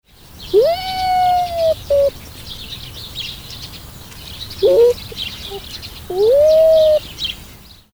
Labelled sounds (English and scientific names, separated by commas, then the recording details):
Raccoon Dog (Nyctereutes procyonoides)
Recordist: Tembrock, Günter
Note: Langlaute